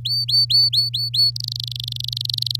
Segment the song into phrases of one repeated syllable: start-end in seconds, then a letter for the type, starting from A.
0.05-1.31 A, 1.36-2.56 B